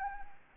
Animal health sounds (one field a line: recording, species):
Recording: mosquito wingbeat signal from an infrared sensor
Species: Anopheles gambiae